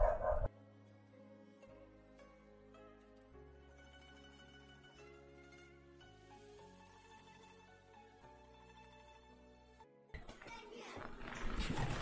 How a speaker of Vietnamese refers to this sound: Quý vị đợi mình chút nha, xem sao chó nó cắn to đấy.